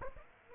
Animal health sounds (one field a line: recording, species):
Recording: mosquito wingbeat signal from an infrared sensor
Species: Aedes aegypti